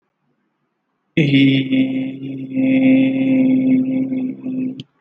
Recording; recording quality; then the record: sustained vowel as in beet; excellent, no background noise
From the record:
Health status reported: healthy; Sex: male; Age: 35 years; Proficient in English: yes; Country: India